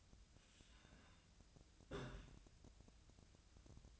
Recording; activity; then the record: daily activity, microphone in the room; take from stove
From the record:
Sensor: 2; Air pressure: 1009.8 hPa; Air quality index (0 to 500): 180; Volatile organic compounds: 10 ppm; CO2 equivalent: 2243 ppm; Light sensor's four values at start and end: 31/75/32/36 and 30/75/32/36